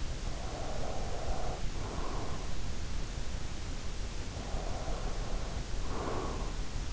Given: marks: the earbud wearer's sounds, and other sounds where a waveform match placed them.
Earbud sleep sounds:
sounds in sleep by an in-ear microphone; breath
0.24-2.67 s: breath
4.22-6.93 s: breath

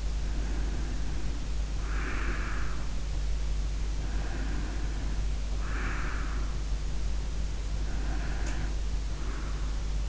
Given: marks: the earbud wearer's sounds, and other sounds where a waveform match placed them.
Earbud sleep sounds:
sounds in sleep by an in-ear microphone; breath
0.00-3.09 s: breath
3.90-6.73 s: breath
7.67-10.09 s: breath

